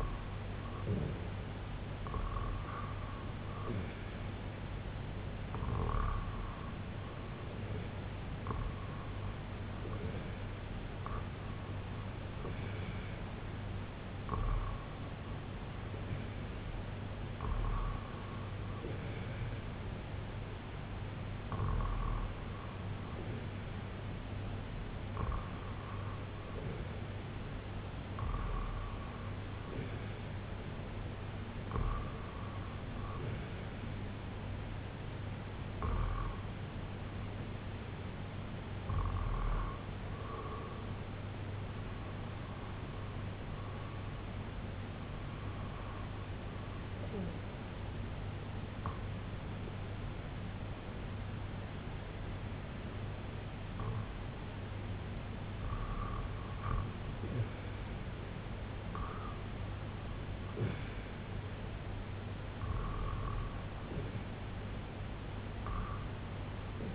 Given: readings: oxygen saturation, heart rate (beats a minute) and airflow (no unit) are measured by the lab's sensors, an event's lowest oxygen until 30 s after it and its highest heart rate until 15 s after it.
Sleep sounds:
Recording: breathing in sleep by a voice recorder at the bedside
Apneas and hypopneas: none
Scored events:
none scored
From the record:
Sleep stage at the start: REM sleep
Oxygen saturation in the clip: 94 to 97%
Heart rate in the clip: 68 to 77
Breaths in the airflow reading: 15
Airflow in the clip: -7.4 to 4.5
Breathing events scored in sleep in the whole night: 258 in 7.4 hours asleep

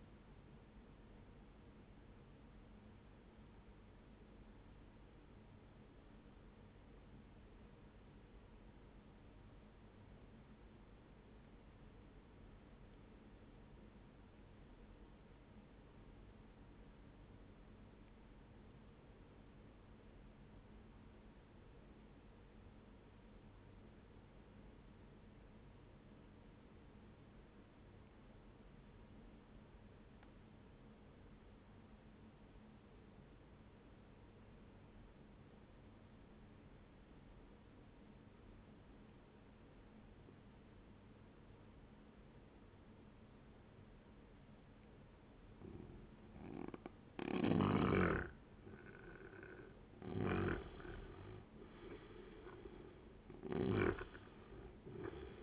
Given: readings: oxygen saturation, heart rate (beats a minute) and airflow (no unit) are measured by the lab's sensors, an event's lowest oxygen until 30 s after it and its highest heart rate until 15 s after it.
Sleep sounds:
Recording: breathing in sleep by a voice recorder at the bedside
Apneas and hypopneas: 1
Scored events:
7.00-46.10 s: obstructive apnea (N1, oxygen 98% highest, then 88% lowest, heart rate 63 at the start, 77 highest)
23.00-53.00 s: new sleep stage, N2 (light sleep)
53.00-55.43 s: new sleep stage, N1 (lightest sleep)
From the record:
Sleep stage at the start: N1 (lightest sleep)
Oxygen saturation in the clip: 90 to 98%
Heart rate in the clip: 60 to 77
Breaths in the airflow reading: 4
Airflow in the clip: -9.5 to 14.8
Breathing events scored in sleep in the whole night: 131 in 7.2 hours asleep

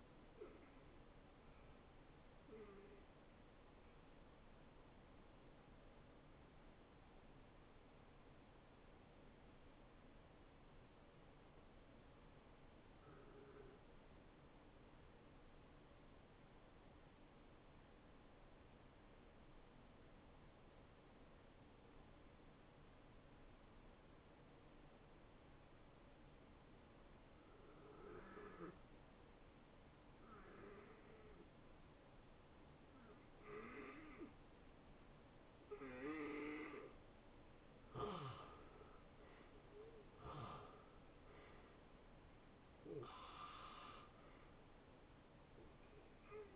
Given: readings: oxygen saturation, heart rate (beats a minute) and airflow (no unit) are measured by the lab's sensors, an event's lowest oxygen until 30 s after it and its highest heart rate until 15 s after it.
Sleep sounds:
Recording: breathing in sleep by a voice recorder at the bedside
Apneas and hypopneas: 1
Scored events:
7.00-38.80 s: hypopnea (N1, oxygen 92% highest, then 80% lowest, heart rate 73 at the start, 80 highest)
From the record:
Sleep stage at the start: N1 (lightest sleep)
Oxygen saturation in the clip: 79 to 92%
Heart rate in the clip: 69 to 80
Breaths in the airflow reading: 11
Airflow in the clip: -24.1 to 9.8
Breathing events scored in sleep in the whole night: 263 in 5.5 hours asleep

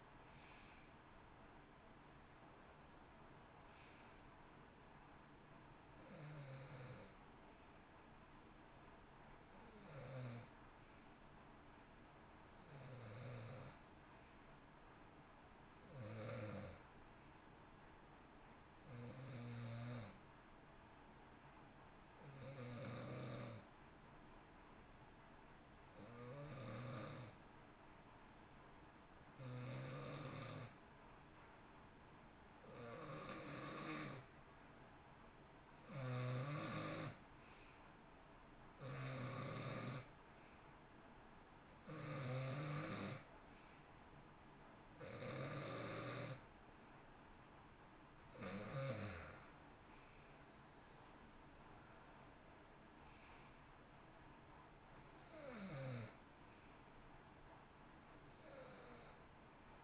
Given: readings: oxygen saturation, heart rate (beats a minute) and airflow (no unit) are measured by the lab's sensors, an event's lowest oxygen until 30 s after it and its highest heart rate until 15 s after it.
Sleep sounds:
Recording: breathing in sleep by a voice recorder at the bedside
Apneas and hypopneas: 1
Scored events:
20.00-35.10 s: hypopnea (N2, oxygen 93% highest, then 87% lowest, heart rate 60 at the start, 66 highest)
From the record:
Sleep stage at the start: N2 (light sleep)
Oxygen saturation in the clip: 87 to 93%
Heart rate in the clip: 56 to 68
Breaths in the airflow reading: 18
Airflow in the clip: -12.4 to 10.0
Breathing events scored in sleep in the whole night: 328 in 6.3 hours asleep

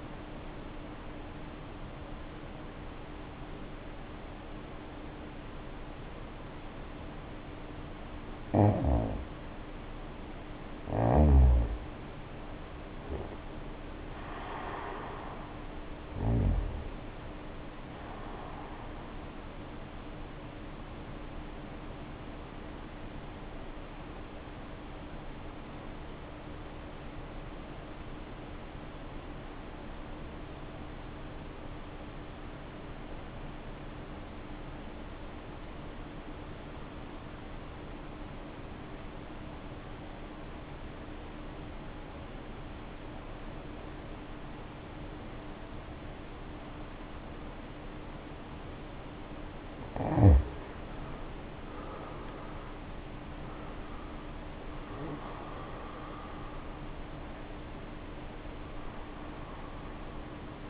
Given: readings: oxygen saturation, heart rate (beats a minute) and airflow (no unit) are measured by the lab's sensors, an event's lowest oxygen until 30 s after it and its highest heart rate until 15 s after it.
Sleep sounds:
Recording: breathing in sleep by a voice recorder at the bedside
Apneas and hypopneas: 1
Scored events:
21.00-51.00 s: new sleep stage, REM sleep
27.00-55.30 s: obstructive apnea (REM, oxygen 95% highest, then 74% lowest, heart rate 55 at the start, 80 highest)
51.00-60.70 s: new sleep stage, N1 (lightest sleep)
From the record:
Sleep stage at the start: N1 (lightest sleep)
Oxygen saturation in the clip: 61 to 95%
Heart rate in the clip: 55 to 89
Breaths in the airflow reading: 10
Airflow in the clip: -2.0 to 1.2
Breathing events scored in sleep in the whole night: 520 in 7.2 hours asleep

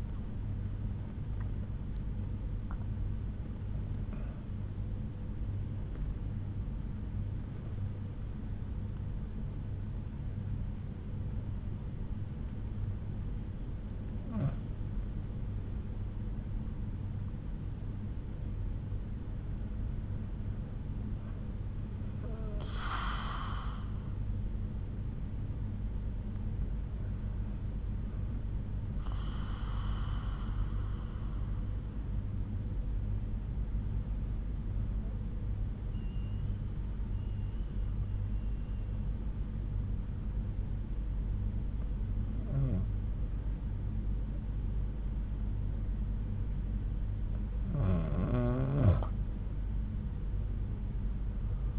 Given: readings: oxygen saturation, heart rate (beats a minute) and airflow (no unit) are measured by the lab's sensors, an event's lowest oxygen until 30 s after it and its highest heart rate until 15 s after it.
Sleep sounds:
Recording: breathing in sleep by a smartphone at the bedside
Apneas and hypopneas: 1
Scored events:
4.00-18.30 s: hypopnea (N1, oxygen 98% highest, then 94% lowest)
16.00-51.79 s: new sleep stage, N2 (light sleep)
From the record:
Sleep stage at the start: N1 (lightest sleep)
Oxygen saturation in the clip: 94 to 98%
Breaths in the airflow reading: 11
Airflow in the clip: -8.1 to 9.0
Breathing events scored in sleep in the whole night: 368 in 8.0 hours asleep

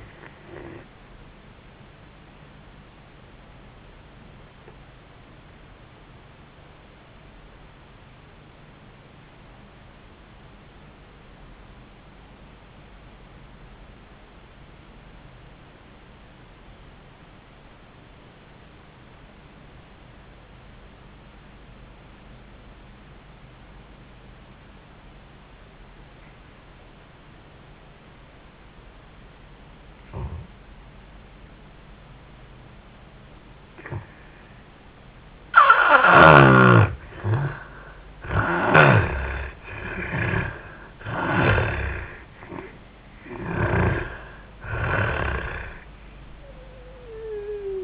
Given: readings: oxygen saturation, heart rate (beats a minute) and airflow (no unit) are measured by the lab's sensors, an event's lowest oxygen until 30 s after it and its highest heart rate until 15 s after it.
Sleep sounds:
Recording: breathing in sleep by a voice recorder at the bedside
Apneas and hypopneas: 1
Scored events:
4.00-34.90 s: obstructive apnea (N1, oxygen 96% highest, then 73% lowest, heart rate 71 at the start, 85 highest)
7.00-37.00 s: new sleep stage, N2 (light sleep)
37.00-47.84 s: new sleep stage, N1 (lightest sleep)
From the record:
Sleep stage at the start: N1 (lightest sleep)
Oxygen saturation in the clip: 72 to 96%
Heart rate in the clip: 69 to 85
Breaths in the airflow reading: 4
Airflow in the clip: -14.6 to 9.0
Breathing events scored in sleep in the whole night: 400 in 8.7 hours asleep

